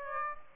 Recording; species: mosquito wingbeat signal from an infrared sensor; Aedes aegypti